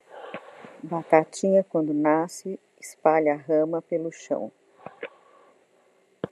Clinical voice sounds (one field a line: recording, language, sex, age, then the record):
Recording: short text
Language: Brazilian Portuguese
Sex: female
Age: 60 to 69 years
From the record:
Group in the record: control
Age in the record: 62 years